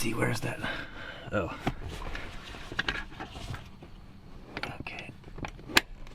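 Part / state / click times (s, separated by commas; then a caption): child car seat lower LATCH connector onto vehicle seat anchor bar / seated / 5.8 s. A child car seat's lower LATCH connector is pushed onto the hidden anchor bar in the rear seat of a Tesla Model S while someone talks, with soft rustling and a few small clicks. After a failed first try, a sharp click at 5.8 s marks the connector seating on the anchor.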